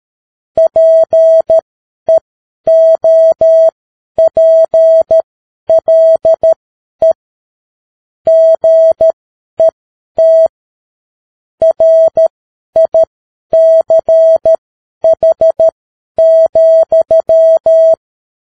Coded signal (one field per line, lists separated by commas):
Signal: Morse code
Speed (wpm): 13 wpm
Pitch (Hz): 650 Hz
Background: none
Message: PEOPLE GET RICH,